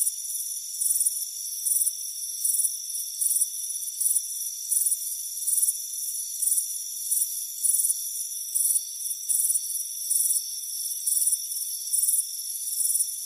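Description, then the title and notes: Crickets give shrill pulsed chirps at an even rhythm, accompanied by a persistent high insect buzz. Crickets chirping on a warm afternoon on a front porch. "Soothing Crickets Chirping Sound. It's a warm afternoon as you relax in a hammock on the front porch. Relax and fall asleep to the soothing sound of chirping crickets. Deep Sleep Sounds"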